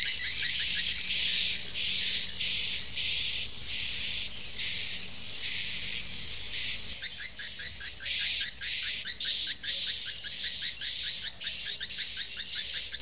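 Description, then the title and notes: Swiftlet calls: a steady series of high, hissing-buzzy chirrups in short bursts, repeated with brief gaps throughout. Sound used for swiftlet farming in Asia. "Swiflet Bird Sound. Farming Swiflet Bird asia sound"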